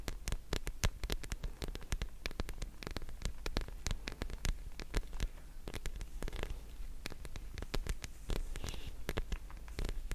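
A face massage with assorted triggers: dense, irregular sharp taps and crackles fire rapidly throughout, some bright and crisp, others softer. A steady low hum runs underneath the whole time, with faint rustling between the clicks.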